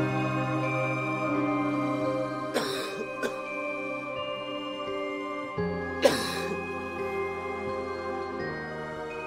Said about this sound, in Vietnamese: Tiếng ho khan dồn dập của … phá đi sự yên tĩnh của bầu không khí xung quanh.